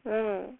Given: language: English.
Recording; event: throat vibration sensor signal played as sound; speech